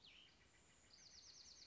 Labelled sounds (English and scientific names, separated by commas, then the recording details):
Cassin's Vireo (Vireo cassinii)
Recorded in Sonoma County, California